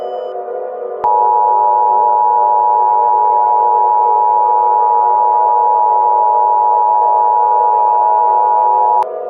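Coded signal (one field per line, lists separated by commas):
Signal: Emergency Alert System (SAME) tones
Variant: 853 and 960 Hz attention tone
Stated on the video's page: Simulated, fictional EAS alert tones in an entertainment film scenario, not a real emergency alert.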